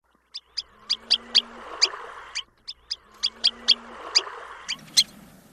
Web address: birdnotes sanderling